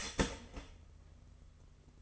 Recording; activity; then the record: daily activity, microphone in the room; start toaster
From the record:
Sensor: 4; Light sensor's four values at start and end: 17/61/22/23 and 18/62/22/23